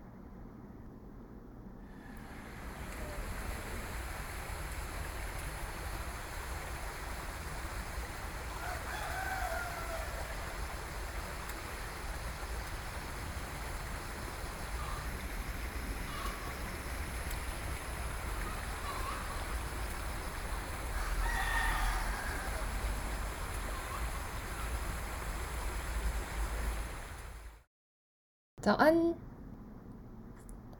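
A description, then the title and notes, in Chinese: A stream valley fills the recording with a steady, dense rush of flowing water that fades in over the first couple of seconds. Faint voices surface briefly around 9 and 21 seconds. Near 28 seconds the sound cuts out, then returns with a sharp knock. 本集聲音來自 台灣聲音地圖 , 汐止八連溪谷附近。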